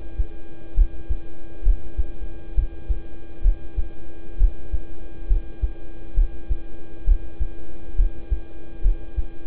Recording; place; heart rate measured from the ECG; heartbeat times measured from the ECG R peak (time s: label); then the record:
heart sounds by stethoscope; between the tricuspid and mitral areas; 67 bpm
0.74 s: heartbeat
1.63 s: heartbeat
2.54 s: heartbeat
3.42 s: heartbeat
4.37 s: heartbeat
5.27 s: heartbeat
6.14 s: heartbeat
7.04 s: heartbeat
7.95 s: heartbeat
8.81 s: heartbeat
From the record:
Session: rest, lying down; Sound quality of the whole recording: good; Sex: male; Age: 26 years